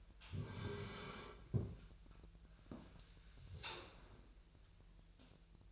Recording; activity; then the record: daily activity, microphone in the room; sit down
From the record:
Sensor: 2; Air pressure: 1001.8 hPa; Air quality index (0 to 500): 237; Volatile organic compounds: 69 ppm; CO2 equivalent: 3506 ppm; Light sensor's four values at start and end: 6/15/6/7 and 8/20/8/9